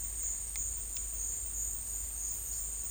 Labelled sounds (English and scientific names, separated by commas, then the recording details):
none
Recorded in secondary vegetation near Puerto Asís, Putumayo, Colombia, on 21 December 2024 at 13:30
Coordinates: 0.484, -76.319
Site GP06